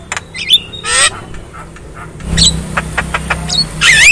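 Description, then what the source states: Javan myna song: a sweeping rising whistle, then grating harsh notes and a final upward squeal over a low rumbling background. Javan myna song (kicau); a lure (pancingan) recording meant to get silent (bisu) mynas singing.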